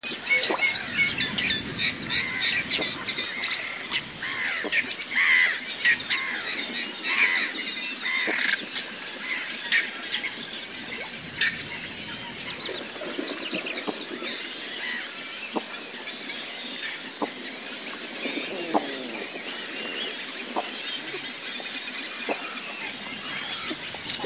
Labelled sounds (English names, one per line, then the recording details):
Whiskered Tern flight call
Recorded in the wild
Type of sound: flight call
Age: adult
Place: Kützerhof, Kummerower See, Mecklenburg-Vorpommern, DE
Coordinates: 53.8531, 12.8686
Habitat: wetland
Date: 2010-06-22
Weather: fair, 9°C, weak winds
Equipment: Sound Devices 702, Rode NT1-A Stereopaar
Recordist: Frommolt, Karl-Heinz
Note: Straße vom Kützerhof nach Aalbude, Polder Große Rosin: Flugrufe von Weißbartseeschwalben. Tiere gesehen